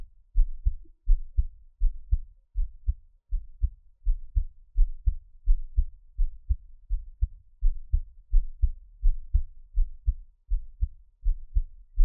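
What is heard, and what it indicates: Soft, low paired thumps repeat steadily at about 83 beats a minute, with no voices or other sounds. An adult's own ordinary lub-dub heartbeat, heard close up for ASMR listening, with no talking.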